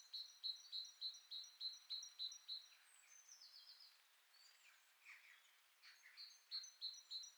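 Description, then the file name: Great tit giving a regular string of short, piercing high notes, then a quieter stretch of soft scattered chirps, then the repeated notes resume. "Parus major"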